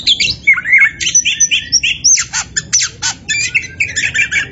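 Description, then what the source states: Oriental magpie-robin singing energetically, mixing sweet slurred whistles with harsh buzzy notes and fast chattering phrases, one after another. Kacer poci type, singing vigorously (gacor).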